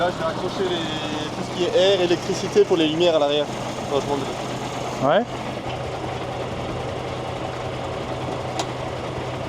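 A trailer's rear-light electrical plug is being handled for connection into a truck's socket while someone talks over a steady engine idle. A brief sharp sound occurs at 8.6 s, but nothing has seated or clicked into place yet.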